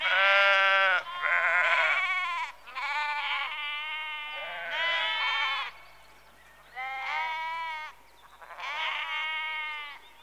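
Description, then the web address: Sheep giving repeated quavering bleats, a new one every one to two seconds. Sheep in a rural exterior atmosphere, early evening, recorded close. "Sound Effects Library (Exterior Atmospheres-Rural Backg) Sheep Early Evening- Close"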